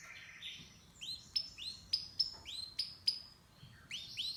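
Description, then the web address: Canary song: quick rising whistled sweeps repeated several times a second, some opening with a sharp click, over a soft hiss of background noise. "Music Canary Canary Singing"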